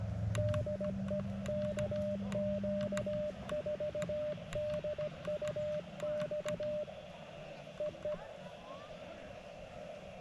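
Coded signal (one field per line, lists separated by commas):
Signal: Morse code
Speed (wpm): 17 wpm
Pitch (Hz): 590 Hz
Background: speech, radio noise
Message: DE KQ4DUX E E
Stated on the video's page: Morse from a POTA park activation at 10 watts, reaching Europe, Mexico and Canada, with over 50 contacts.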